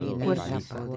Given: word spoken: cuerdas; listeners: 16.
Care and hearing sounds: one Spanish word in noise, from a listening test; four-talker babble; 0.3 dB; 1 of 16; 11 of 16; 0.57 s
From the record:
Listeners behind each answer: 11, 1, 1, 1, 1, 1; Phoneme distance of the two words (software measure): 27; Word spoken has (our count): 2 syllables, 7 phonemes, stress on syllable 1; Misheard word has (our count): 2 syllables, 6 phonemes, stress on syllable 1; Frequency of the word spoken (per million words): 11.99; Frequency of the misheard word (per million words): 206.49

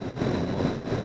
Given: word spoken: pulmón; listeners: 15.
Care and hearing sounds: one Spanish word in noise, from a listening test; noise modulated by three-talker babble; -7.1 dB; 0 of 15; 7 of 15; 0.64 s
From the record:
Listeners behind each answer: 7, 1, 1, 1, 1, 1, 1, 1, 1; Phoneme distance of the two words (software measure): 24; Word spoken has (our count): 2 syllables, 6 phonemes, stress on syllable 2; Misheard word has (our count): 2 syllables, 4 phonemes, stress on syllable 2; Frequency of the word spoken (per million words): 8.01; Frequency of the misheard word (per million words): 44.78

